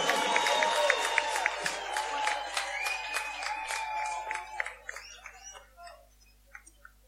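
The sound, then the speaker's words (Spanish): An audience applauds a performer and a dancer with dense, steady clapping alongside some sustained tones like whistles or cheers, then the clapping thins out into a few scattered claps before fading. “fuerte aplauso.”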